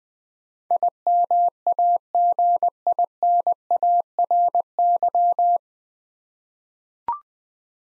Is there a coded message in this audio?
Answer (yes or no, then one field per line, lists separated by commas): yes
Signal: Morse code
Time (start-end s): 0.7-5.6 s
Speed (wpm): 21 wpm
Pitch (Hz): 700 Hz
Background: none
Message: IMAGINARY